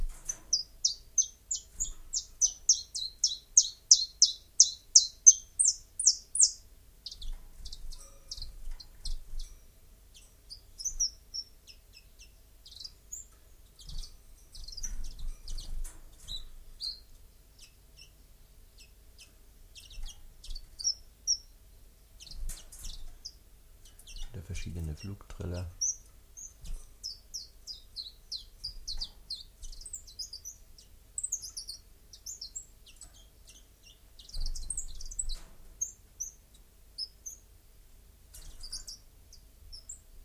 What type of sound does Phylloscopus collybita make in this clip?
song